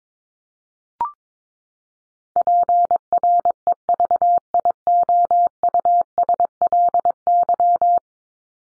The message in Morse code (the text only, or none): PREVIOUSLY